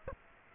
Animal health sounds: mosquito wingbeat signal from an infrared sensor; Aedes aegypti

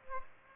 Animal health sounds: mosquito wingbeat signal from an infrared sensor; Aedes aegypti

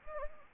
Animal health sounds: mosquito wingbeat signal from an infrared sensor; Anopheles gambiae

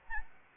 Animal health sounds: mosquito wingbeat signal from an infrared sensor; Anopheles gambiae

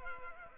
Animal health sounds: mosquito wingbeat signal from an infrared sensor; Culex pipiens

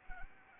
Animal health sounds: mosquito wingbeat signal from an infrared sensor; Anopheles gambiae

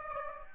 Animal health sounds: mosquito wingbeat signal from an infrared sensor; Aedes aegypti

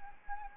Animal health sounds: mosquito wingbeat signal from an infrared sensor; Anopheles arabiensis

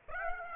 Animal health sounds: mosquito wingbeat signal from an infrared sensor; Aedes aegypti

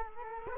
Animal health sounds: mosquito wingbeat signal from an infrared sensor; Culex quinquefasciatus

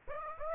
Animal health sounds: mosquito wingbeat signal from an infrared sensor; Aedes aegypti

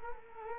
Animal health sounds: mosquito wingbeat signal from an infrared sensor; Culex quinquefasciatus

